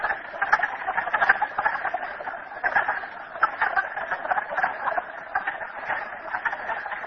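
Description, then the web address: Many frogs calling together, a thick wall of rapid clicks and trills that rises and falls slightly in loudness. Frogs recorded at Merryspring. "audio frogs merryspring 42008"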